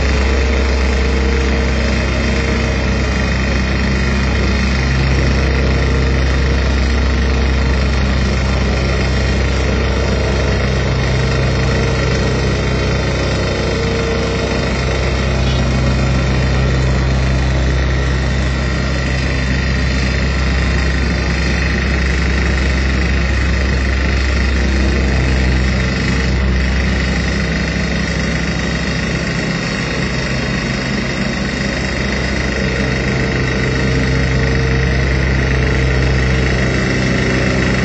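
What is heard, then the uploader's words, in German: A construction worker compacts the ground for a house foundation, with a machine engine running steadily throughout. A deep, constant low rumble and drone dominate, with a dense rattling vibration on top that shifts slightly around 15 and 26 seconds but never stops. Belastungen durch Arbeit mit einer Rüttelplatte. Bauarbeiter verfestigt den Untergrund für das Fundament eines Wohnhauses.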